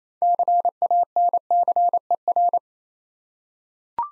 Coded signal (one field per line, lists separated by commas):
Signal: Morse code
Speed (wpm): 29 wpm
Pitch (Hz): 700 Hz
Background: none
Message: CANCER